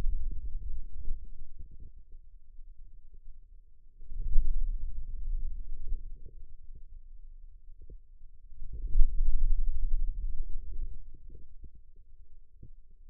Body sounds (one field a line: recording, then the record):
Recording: forearm muscle sounds (acoustic myography)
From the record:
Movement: hand closing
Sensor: system 2, bracelet of six BSWA MPA416 microphones around the upper forearm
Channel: 6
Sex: male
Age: 22 years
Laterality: right